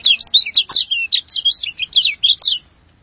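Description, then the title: Bird song: a brisk series of high, bouncing whistled notes, each sliding up and down, ending after about two and a half seconds. "burung online"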